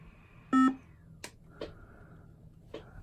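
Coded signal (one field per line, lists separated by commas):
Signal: beep code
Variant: Apple iMac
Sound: one short buzzy beep, then a few clicks and knocks in a quiet room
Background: handling clicks, small room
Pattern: 1 beep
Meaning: One beep on an iMac normally means no memory detected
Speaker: get a 1 B para normally according to Apple this would be no memory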